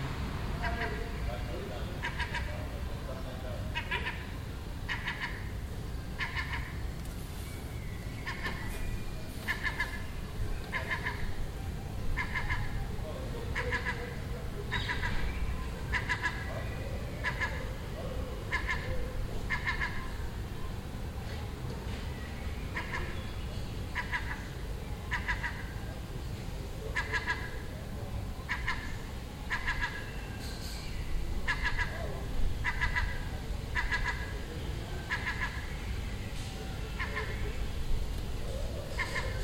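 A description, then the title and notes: Seagulls chatter in a steady stream of short, bright calls, repeating every second or so with some overlapping in quick bursts. Beneath them runs a constant low rumble, like wind or surf, and the overall level stays even throughout. Seagull Chatter Den Haag, June. This seagull had a nest on the roof next door and it was making these sounds all day for a week.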